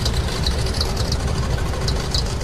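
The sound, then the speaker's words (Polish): The engine of a vintage Cadillac, ordered in 1934, idles steadily, a continuous low rumble with a faint rhythmic chug and some higher hiss above it, holding an even loudness throughout with no voices. “To jest drugi samochód w życiu marszałka.”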